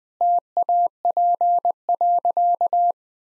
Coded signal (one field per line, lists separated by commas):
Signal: Morse code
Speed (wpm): 21 wpm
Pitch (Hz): 700 Hz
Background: none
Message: TAP.